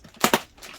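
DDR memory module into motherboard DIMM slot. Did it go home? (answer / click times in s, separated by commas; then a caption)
yes / 0.2 s, 0.3 s. A second DDR memory stick is held and pushed straight down into a DIMM slot, with its latches opened beforehand, on a GIGABYTE B550M AORUS ELITE motherboard. Its two retention latches snap closed with two sharp clicks at 0.2 s and 0.3 s. The memory is now seated and installed.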